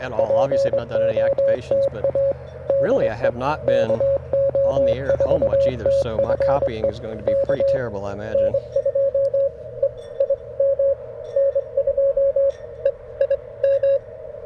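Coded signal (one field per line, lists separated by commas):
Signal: Morse code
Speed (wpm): 23 wpm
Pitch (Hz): 560 Hz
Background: speech, radio noise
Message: POTA DE KO4TFE K N2EIM N2EIM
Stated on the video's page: Morse from a modded QMX+ transceiver during a POTA park activation.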